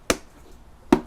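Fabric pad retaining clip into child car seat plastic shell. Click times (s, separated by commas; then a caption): 0.1 s, 0.9 s. The plastic retaining clips of a fabric pad are pushed one at a time into the plastic shell of a Graco MyRide 65 child car seat while the pad is being reinstalled. Two sharp snaps are heard at 0.1 s and 0.9 s as the clips snap in and seat, holding the pad on.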